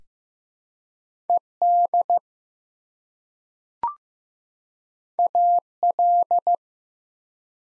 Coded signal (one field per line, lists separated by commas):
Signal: Morse code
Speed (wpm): 15 wpm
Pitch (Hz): 700 Hz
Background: none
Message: ED AL